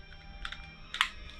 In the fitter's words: in and snaps in place. Pretty simple. Slide in, snap,